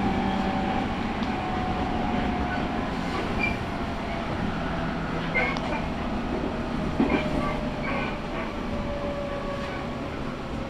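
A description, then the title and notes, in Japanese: A Tokaido Line train on the platform, its rumble low, dense and steady throughout, with humming tones held over it. Brief squeaks and clicks rise above the noise around five, seven and eight seconds, then the even drone carries on. 東海道本線 浜松→豊橋。6:20発の豊橋行きに乗車して。ホームで列車がくるのを待ちながら乗りこむ。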